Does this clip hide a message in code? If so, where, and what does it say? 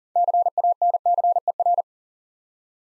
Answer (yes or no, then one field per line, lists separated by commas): yes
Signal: Morse code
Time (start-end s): 0.2-1.8 s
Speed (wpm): 39 wpm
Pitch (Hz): 700 Hz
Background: none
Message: CANCER